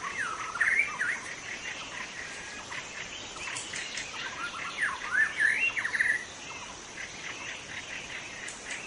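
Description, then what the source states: White-rumped shama singing looping, slurred whistles in two bursts, early and again around five to six seconds, with a busy buzzing insect backdrop and quieter final seconds. Singing in forest; called murai batu hutan (forest white-rumped shama) in Indonesian.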